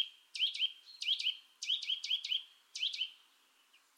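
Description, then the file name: Eurasian nuthatch giving doubled 'twit' notes in uneven bursts, a short run of quick notes in the middle, then a pause. "Sitta europaea"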